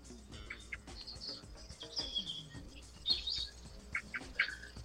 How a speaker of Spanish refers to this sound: Yo estoy aquí afuera sentada. Se nota que están los pajaritos. Oyendo todos los pájaros, todos. Es increíble la cantidad de ellos que hay. Dejas un momento el sonido de los pajaritos, ¿eh? A ver si canta.